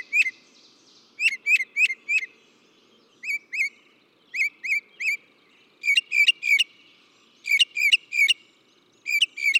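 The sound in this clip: Northern mockingbird song of sharp, upslurred chirps in quick bursts of two to four, repeated with short pauses between groups.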